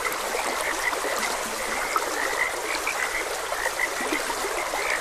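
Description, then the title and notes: Many frogs call together in quick, overlapping croaks that never pause, set against a constant hiss of running stream water. Frogs croaking beside a gentle stream. "Gentle Stream and Frogs Croaking. Sleep and Relaxation Podcast"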